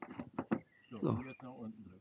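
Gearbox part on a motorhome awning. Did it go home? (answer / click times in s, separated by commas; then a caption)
no / none. A replacement gearbox part is being handled and pushed onto a motorhome's roll-out awning while its defective gearbox is swapped out. Someone talks over faint handling noises. Nothing has seated or clicked yet.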